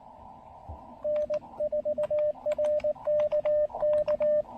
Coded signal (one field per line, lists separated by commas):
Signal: Morse code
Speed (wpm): 19 wpm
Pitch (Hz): 590 Hz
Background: radio noise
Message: N4RKK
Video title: POTA: Making the most of rainy day with QRP and Coffee at Tuttle Educational State Forest!